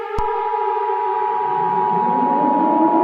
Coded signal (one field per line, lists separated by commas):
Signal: Emergency Alert System (SAME) tones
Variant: 853 and 960 Hz attention tone